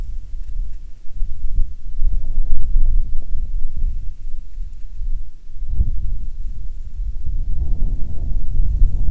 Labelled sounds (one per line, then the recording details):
wind
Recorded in the Prudhoe Bay oil fields, Alaska, on 7 August 2019 at 14:53
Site 17